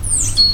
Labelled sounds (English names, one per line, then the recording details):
Stitchbird song
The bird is a male
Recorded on Tiritiri Matangi Island, New Zealand, in 2005
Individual 22, of nest box 31